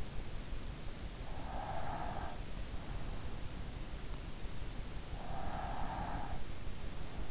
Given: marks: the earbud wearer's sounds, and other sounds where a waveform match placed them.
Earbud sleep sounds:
sounds in sleep by an in-ear microphone; breath
1.20-2.65 s: breath
5.08-6.66 s: breath

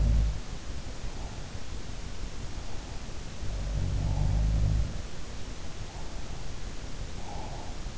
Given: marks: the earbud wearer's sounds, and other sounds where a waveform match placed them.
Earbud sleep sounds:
sounds in sleep by an in-ear microphone; breath
0.00-0.46 s: sound from someone else or the room
0.79-1.83 s: breath
2.39-4.68 s: breath
3.39-5.13 s: sound from someone else or the room
5.57-7.98 s: breath

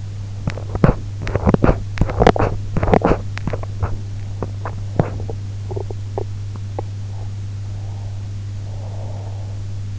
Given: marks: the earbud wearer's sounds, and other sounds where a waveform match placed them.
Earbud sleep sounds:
sounds in sleep by an in-ear microphone; teeth grinding, breath
0.00-7.62 s: teeth grinding
7.62-9.93 s: breath

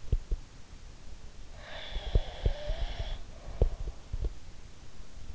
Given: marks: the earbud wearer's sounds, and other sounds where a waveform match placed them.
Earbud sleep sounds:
sounds in sleep by an in-ear microphone; breath
0.05-0.38 s: sound from someone else or the room
1.52-3.93 s: breath
1.88-4.32 s: sound from someone else or the room

